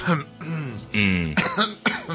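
A sudden fit of harsh, voiced coughing and throat clearing, several rough bursts in quick succession, fairly loud, with no speech around them.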